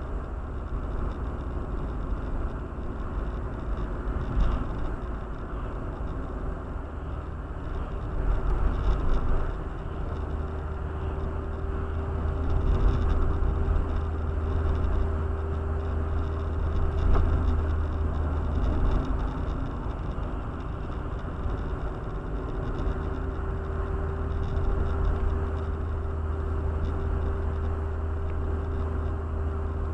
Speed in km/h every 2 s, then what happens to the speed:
55, 55, 55, 57, 58, 59, 60, 61, 60, 58, 57, 59, 60, 60, 60.
0-30 steady at about 59.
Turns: none.